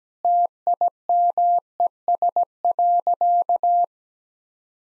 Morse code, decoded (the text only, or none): TIMES.